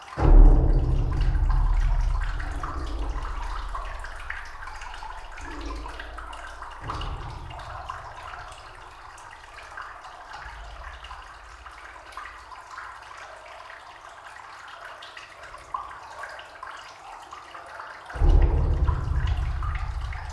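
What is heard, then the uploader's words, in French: Water runs and trickles inside a glacier, a dense, restless rushing with scattered drips across the upper range. Deep muffled thuds and rumbling surge at the start, fade around seven seconds, then return strongly near eighteen seconds while the flow continues steadily. Glacier de la Meije - Parc national des Ecrins. J'ai posé durant 15h00 les micros au coeur du glacier et je peux ainsi entendre parfois les sourds coups de boutoir dans le noir glacé. Le matin il fait -2° à mon arrivée. Coeur de glacier.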